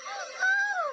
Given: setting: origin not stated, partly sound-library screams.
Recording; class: one-second piece from a danger detection set; woman in danger